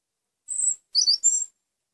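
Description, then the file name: European robin giving a brief high song fragment: one thin drawn-out whistle followed by two rapid twittering bursts, very high-pitched, nothing else audible. Gran Canaria subspecies, Erithacus rubecula marionae. "Pechuguero de Gran Canaria (Erithacus Rubecula Marionae)"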